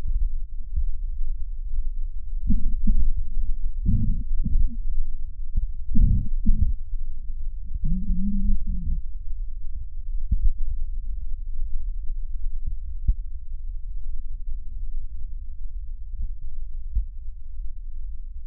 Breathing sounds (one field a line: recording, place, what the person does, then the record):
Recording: lung sounds by stethoscope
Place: right posterior basal chest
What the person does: quiet breathing, then cough and speech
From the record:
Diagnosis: asthma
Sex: female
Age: 77 years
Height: 160 cm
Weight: 68.7 kg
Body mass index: 26.6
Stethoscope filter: bell mode